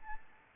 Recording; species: mosquito wingbeat signal from an infrared sensor; Anopheles arabiensis